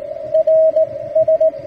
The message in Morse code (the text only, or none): RS